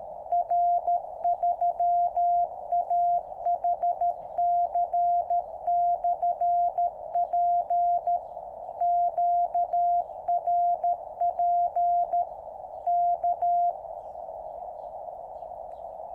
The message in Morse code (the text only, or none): R3AHC/P QRP K